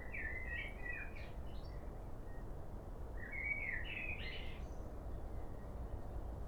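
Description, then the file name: Common blackbird delivering two brief warbled phrases that end in higher squeaky notes, set against steady low-pitched background rumble. "Turdus merula"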